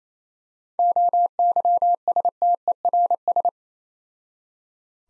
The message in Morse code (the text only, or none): OYSTERS